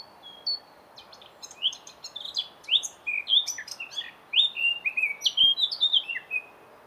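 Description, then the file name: Eurasian blackcap singing a fast warbled run of varied high notes and slurred whistles, over a steady low background hiss. "Sylvia atricapilla"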